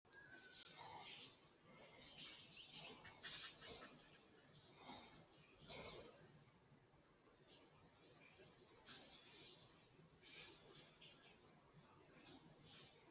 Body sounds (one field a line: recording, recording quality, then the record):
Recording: shallow breathing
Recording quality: moderate, slight background noise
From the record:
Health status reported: healthy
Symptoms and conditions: hypertension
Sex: male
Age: 47 years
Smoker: not ticked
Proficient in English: yes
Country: India